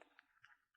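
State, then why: Not seated. The second snap that holds the drag rescue loop to the shoulder harness of an Air Pak X3 Pro is being handled as it is pressed toward closed. Faint, brief handling ticks are heard near 0.0, 0.2 and 0.4 seconds over a quiet background. Nothing has seated or clicked yet.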